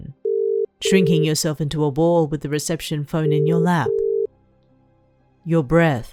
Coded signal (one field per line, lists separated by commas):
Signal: telephone call progress tone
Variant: UK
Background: speech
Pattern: ringback tone